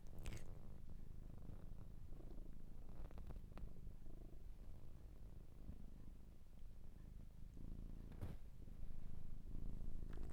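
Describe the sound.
Domestic cat purring in a continuous low rumble, with occasional brief rustling and tapping sounds.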